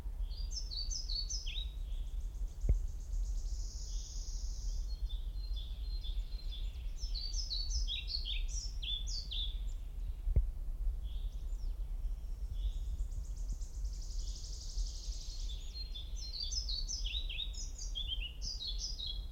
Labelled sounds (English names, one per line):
European Pied Flycatcher